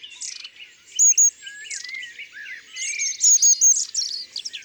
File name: Mesange a longue queue ABC des chants doiseaux